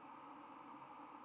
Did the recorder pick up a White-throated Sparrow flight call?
no